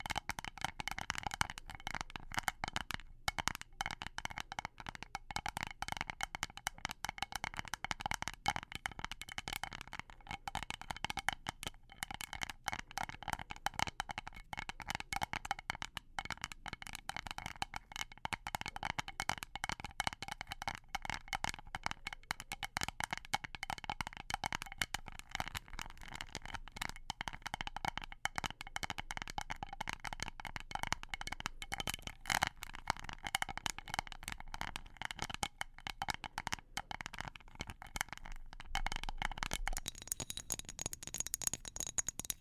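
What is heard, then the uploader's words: Dense, rapid tapping runs steadily throughout, a continuous stream of quick light clicks with a bright, papery rattle, changing slightly near the end. ASMR Dark & Relaxing Tapping For Sleep (No Talking).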